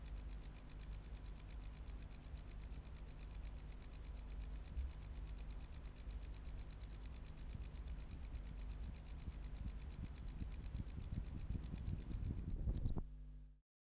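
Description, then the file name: Tropical house cricket producing a long stream of fast, high pulses that continues evenly, then stops abruptly near the end. "Bio Acoustica. Gryllodes sigillatus"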